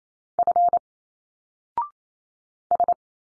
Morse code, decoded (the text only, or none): F S